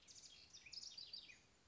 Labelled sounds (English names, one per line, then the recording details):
House Wren
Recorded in Sonoma County, California